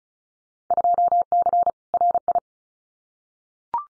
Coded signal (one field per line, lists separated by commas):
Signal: Morse code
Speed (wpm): 34 wpm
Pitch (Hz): 700 Hz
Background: none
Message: 2C RI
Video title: Field Day Exchange Encore 35wpm